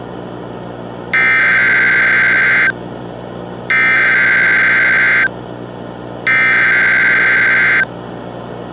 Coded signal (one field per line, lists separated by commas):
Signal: Emergency Alert System (SAME) tones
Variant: header bursts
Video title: Deceit|| EAS Scenario